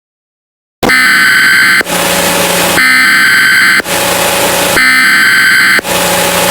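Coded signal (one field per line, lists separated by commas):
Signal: Emergency Alert System (SAME) tones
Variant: header bursts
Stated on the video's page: Fictional EAS scenario, a simulated alert rather than a real one.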